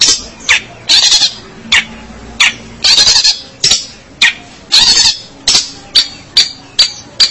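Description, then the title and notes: Long-tailed shrike giving repeated harsh, grating rasps in irregular bursts. "Pentet 201703. Suara burung pentet"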